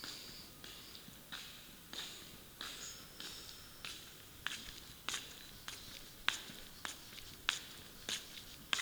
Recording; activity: daily activity, guitar pickup as the sensor; walk